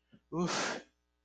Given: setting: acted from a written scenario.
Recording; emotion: vocal sound without words; relief